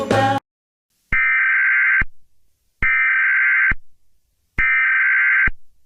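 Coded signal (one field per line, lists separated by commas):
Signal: Emergency Alert System (SAME) tones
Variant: header bursts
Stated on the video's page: Fictional Christmas-themed EAS scenario, not a real alert.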